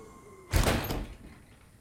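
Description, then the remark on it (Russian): The wind slowly swings a front door shut with a soft rushing sweep that ends in a dull thud, then fades out over a faint steady hum. “Ветер медленно закрывает входную дверь.”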